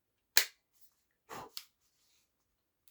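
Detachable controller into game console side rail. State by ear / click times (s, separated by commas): seated / 0.4 s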